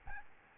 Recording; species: mosquito wingbeat signal from an infrared sensor; Aedes albopictus